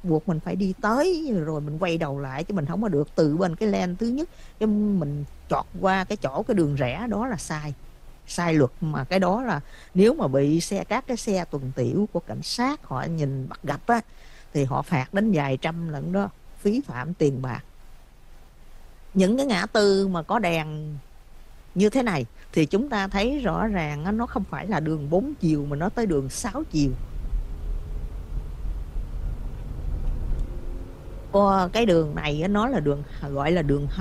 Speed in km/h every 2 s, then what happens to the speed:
0, 0, 0, 0, 0, 0, 0, 0, 0, 0, 0, 2, 18, 27, 35, 44, 50.
0-22 standing. 22-34 pulls away to 50.